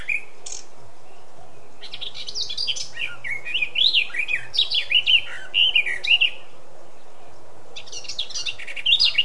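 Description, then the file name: Eurasian blackcap song: brief notes, then a rich flowing run of clear zigzag whistles, a pause, and a final short phrase starting. "Sylvia atricapilla"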